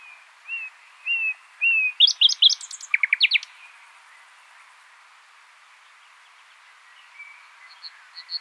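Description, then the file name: Common nightingale singing: a few soft slurred whistles, then a burst of rapid, loud clicking trills, fading to faint high notes at the end. "Luscinia megarhynchos"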